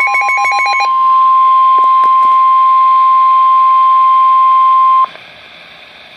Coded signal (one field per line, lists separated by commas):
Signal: Emergency Alert System (SAME) tones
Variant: 1050 Hz attention tone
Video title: EAS #41-42 - Tropical Storm Warnings